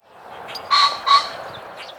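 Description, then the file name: Common pheasant calling, two loud harsh honking notes less than half a second apart. "Phasianus colchicus - Common Pheasant"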